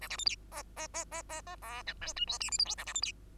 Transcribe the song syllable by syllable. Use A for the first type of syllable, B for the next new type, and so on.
A B C D E E E E E E F G H I J K L M N A B C D